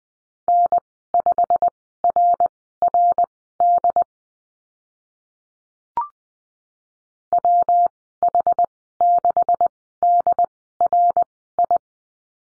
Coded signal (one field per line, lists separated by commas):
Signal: Morse code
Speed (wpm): 20 wpm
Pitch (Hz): 700 Hz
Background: none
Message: N5RRD WH6DRI